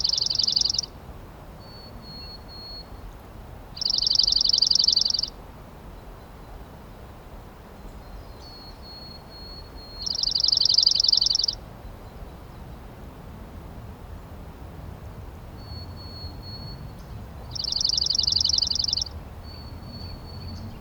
Dark-eyed Junco song recorded on the Black Canyon Trail in Rocky Mountain National Park.